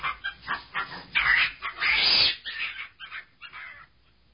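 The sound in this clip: Monkey calling in a run of hoarse, rhythmic cries that build to a loud shrieking climax, then fade through shorter chattering calls.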